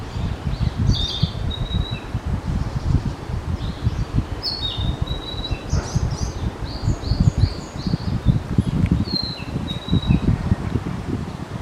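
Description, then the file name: Narcissus flycatcher song: short high whistled phrases and clear notes, some sliding downward, repeated throughout over a strong low rumble. Recorded on 19 May 2022. "20220519 キビタキ"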